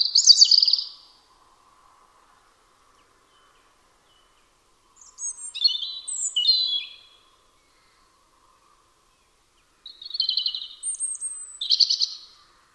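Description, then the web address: European robin song: brief high warbled phrases with twittering notes, repeated roughly every five seconds with silence between them. "Deverinetal 2025 File origin Bird Only Er Ru"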